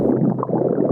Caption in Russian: Если живот пустой, он продолжает двигаться, но так как еды там почти нет, зато есть жидкости и пузырьки газа, образуется звук. Удивительно, но живот урчит почти все время. Но громко это становится слышно только тогда, когда он пустой.